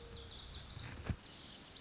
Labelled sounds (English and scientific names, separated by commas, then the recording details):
Lazuli Bunting (Passerina amoena)
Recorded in Sonoma County, California